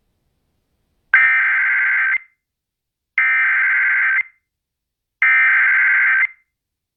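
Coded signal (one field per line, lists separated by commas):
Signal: Emergency Alert System (SAME) tones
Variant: header bursts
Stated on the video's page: Real Flash Flood Warning relayed by an FM station at 100.7.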